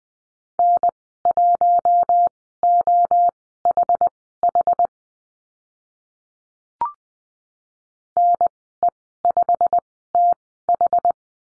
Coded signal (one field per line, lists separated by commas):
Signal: Morse code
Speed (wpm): 20 wpm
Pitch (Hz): 700 Hz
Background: none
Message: N1OHH NE5TH